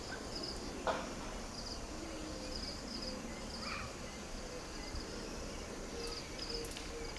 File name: crickets owls field village distant voices kids Putti Uganda